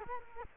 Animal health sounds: mosquito wingbeat signal from an infrared sensor; Culex quinquefasciatus

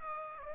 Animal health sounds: mosquito wingbeat signal from an infrared sensor; Aedes aegypti

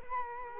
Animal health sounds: mosquito wingbeat signal from an infrared sensor; Culex quinquefasciatus

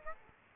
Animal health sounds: mosquito wingbeat signal from an infrared sensor; Aedes aegypti

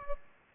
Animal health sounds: mosquito wingbeat signal from an infrared sensor; Aedes aegypti

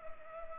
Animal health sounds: mosquito wingbeat signal from an infrared sensor; Culex pipiens

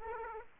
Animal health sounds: mosquito wingbeat signal from an infrared sensor; Aedes aegypti

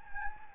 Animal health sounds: mosquito wingbeat signal from an infrared sensor; Anopheles gambiae

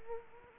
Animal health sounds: mosquito wingbeat signal from an infrared sensor; Culex quinquefasciatus

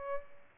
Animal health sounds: mosquito wingbeat signal from an infrared sensor; Aedes albopictus

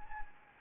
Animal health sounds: mosquito wingbeat signal from an infrared sensor; Anopheles gambiae

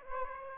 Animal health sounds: mosquito wingbeat signal from an infrared sensor; Aedes aegypti

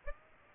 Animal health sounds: mosquito wingbeat signal from an infrared sensor; Aedes albopictus

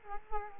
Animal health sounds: mosquito wingbeat signal from an infrared sensor; Culex quinquefasciatus

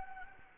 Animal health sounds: mosquito wingbeat signal from an infrared sensor; Anopheles gambiae

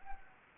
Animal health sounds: mosquito wingbeat signal from an infrared sensor; Anopheles arabiensis

